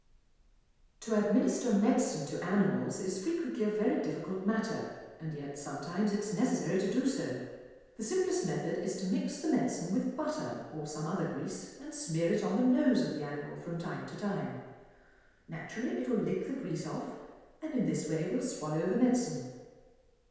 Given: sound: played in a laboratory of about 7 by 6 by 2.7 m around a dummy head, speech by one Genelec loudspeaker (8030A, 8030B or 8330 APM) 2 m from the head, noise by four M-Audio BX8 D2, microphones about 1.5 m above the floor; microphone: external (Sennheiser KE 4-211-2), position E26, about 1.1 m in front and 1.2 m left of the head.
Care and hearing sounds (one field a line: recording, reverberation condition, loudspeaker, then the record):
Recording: female speech in English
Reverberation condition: high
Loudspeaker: 150 degrees to the left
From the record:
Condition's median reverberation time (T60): about 1300 ms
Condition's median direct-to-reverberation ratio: about -4.0 dB